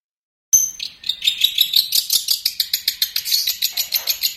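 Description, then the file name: Long-tailed shrike song, a rapid chattering run of sharp high notes repeated several times a second. Training recording for songbird keepers, Indonesian "cendet"; master recording 7. "cendet-master 7-omkicau"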